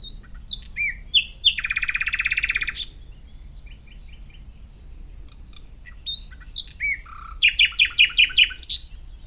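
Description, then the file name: Common nightingale song: whistled notes leading into a rapid throbbing trill, a quiet gap with soft notes, then a loud series of repeated sharp chirps. "Luscinia megarhynchos"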